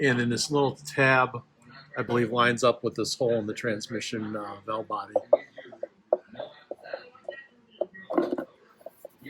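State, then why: Not seated. Someone talks while handling a new transmission filter for a Jeep Wrangler JK, which has an O-ring neck and a locating tab that lines up with a hole in the transmission valve body. Speech fills the first half, followed by sparse short handling ticks and taps as the filter is lined up to be pushed up into the valve body opening. Nothing has seated or snapped into place yet.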